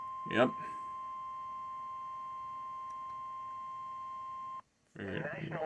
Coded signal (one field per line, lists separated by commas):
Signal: Emergency Alert System (SAME) tones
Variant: 1050 Hz attention tone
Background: speech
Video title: EAS Alert #139. Severe Thunderstorm Warning.